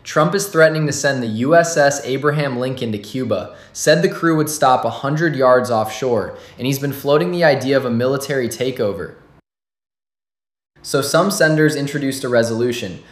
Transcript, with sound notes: Trump is threatening to send the USS Abraham Lincoln to Cuba. Said the crew would stop a hundred yards offshore. And he's been floating the idea of a military takeover. [pause] So some senators introduced a resolution.